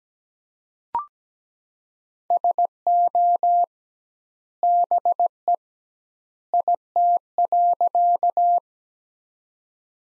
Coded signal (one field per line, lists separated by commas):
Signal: Morse code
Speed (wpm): 17 wpm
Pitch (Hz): 700 Hz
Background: none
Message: SO BE IT.